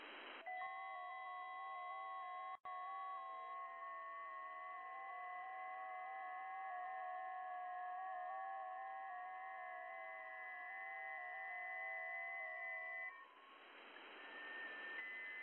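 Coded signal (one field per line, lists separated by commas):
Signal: FT8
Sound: several overlapping steady warbling tones shifting pitch slowly, lasting about thirteen seconds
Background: radio static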